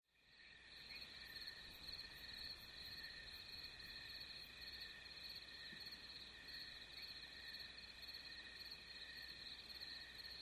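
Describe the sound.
Crickets chirping steadily, a dense continuous shrill trill in several high bands over a low background hiss.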